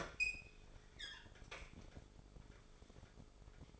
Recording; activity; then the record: daily activity, microphone in the room; open fridge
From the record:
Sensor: 5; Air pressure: 1004.7 hPa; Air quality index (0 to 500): 162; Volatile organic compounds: 3 ppm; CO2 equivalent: 1526 ppm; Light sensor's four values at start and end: 19/44/17/16 and 21/47/19/17